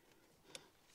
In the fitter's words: Clac. Ce que j'aime bien, c'est qu'il se clipse tout seul celui-ci.